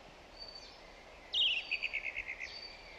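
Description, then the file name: Song thrush song phrase: a brief buzzy opening followed by a rapid run of several even, repeated notes, with faint background hiss. "Zanglijster Turdus philomelos"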